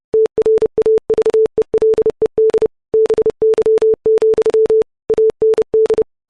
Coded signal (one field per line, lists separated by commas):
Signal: Morse code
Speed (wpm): 30 wpm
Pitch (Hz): 440 Hz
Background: none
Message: TRAVELED BY, AND